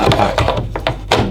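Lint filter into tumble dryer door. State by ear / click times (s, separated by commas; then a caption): seated / 0.8 s, 0.9 s, 1.1 s. The lint filter of an Indesit NIS41V or Hotpoint NV4D01P 4 kg tumble dryer is pushed back into its slot in the dryer door while someone talks. Short clicks at 0.8 s, 0.9 s and a louder one at 1.1 s mark it clicking back into place, seated.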